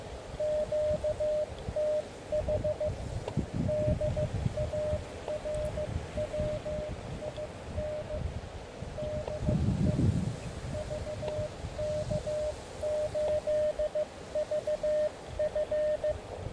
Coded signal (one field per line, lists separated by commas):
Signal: Morse code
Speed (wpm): 15 wpm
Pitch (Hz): 610 Hz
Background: radio noise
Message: QTH DARWIN DE VK8VF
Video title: Going around in circles 2: Tests with HF loop antennas